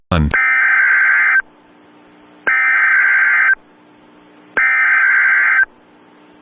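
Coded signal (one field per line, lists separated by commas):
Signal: Emergency Alert System (SAME) tones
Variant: header bursts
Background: speech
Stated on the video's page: Fictional EAS scenario; simulated alert tones.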